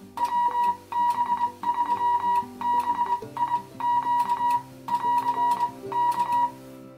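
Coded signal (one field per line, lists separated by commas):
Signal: Morse code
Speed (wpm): 21 wpm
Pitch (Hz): 960 Hz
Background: music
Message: WB3BIQ<AR>K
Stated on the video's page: CW QSO on a vintage Heathkit HW-101 tube transceiver.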